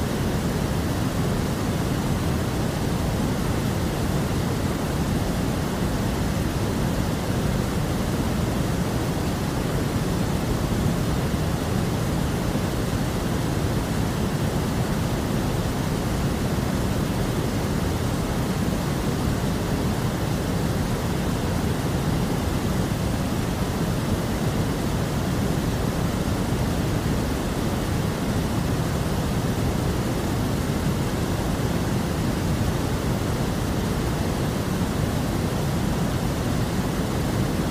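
Steady, unchanging white noise hiss, dense and even throughout, weighted toward a soft low rumble with a faint band of brighter hiss.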